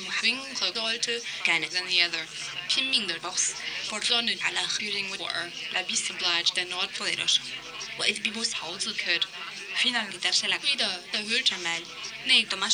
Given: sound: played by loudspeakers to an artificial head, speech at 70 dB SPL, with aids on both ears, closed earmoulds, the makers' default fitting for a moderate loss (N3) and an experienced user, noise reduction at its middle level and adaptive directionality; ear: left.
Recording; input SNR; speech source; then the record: speech test signal (ISTS) in cocktail-party noise; +9 dB; in front (0 degrees)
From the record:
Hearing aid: class 2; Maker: A